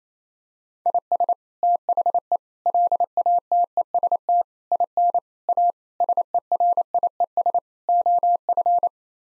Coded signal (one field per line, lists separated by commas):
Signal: Morse code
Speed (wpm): 28 wpm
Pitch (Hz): 700 Hz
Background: none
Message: IS THE LATEST IN A SERIES OF